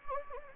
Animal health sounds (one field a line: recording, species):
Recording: mosquito wingbeat signal from an infrared sensor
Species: Anopheles gambiae